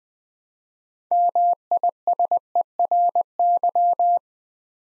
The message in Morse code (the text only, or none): MISERY